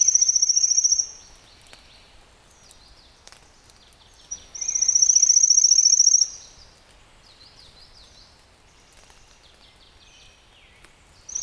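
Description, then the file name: Pale-legged leaf warbler song: a very high, even, insect-like trill of about one and a half seconds, given twice, with a third starting at the end. "warbler-pale-legged-leaf a-Phylloscopus-tenellipes"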